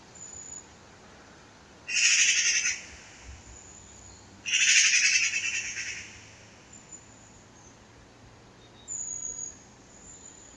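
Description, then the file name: Eurasian magpie uttering two harsh rattling chatters about two and a half seconds apart, then a quieter third, over steady background hiss. "Pica pica"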